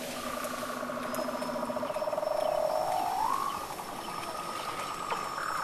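Weddell seal pulsed call: a buzzy throbbing tone that rises in pitch midway and levels off, over a lower pulsed hum and a thin high whistle.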